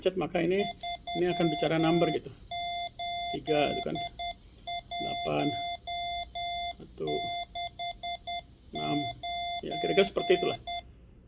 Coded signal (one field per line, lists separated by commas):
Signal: Morse code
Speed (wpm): 10 wpm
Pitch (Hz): 3500 Hz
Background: speech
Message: 38169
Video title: belajar Morse dg radio HT yaesu/standard VX3